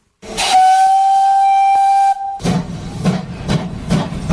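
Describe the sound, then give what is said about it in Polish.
A steam locomotive in Wielkopolska, Poland, being readied for regular passenger service, blows its whistle in one steady, piercing tone for about two seconds over a wash of hissing steam, then gives way to rhythmic chuffing bursts of steam. “Trwają już ostatnie przygotowania do uruchomienia buchających parą lokomotyw.”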